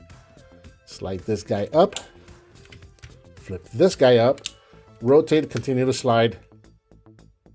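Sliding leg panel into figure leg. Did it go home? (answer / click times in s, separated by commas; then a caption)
no / none. A plastic leg piece on the other leg of a Transform Element TE-01 OP Leader (Masterpiece Optimus Prime) figure is flipped, rotated and slid into the figure's leg while someone talks over soft background music. Faint plastic taps and scrapes are heard around 2.7–3.4 s and again near the end. The panel is still being slid, and nothing has seated or clicked yet.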